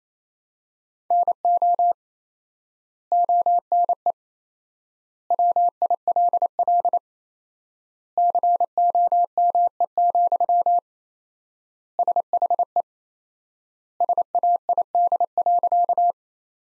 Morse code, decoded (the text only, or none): NO ONE WILL COME, SHE SAID.